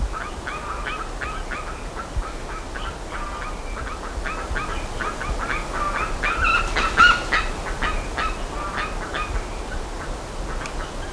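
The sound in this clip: Many birds calling together, short nasal honks repeated almost twice a second, with a brief louder, harsher flurry partway through over background rumble.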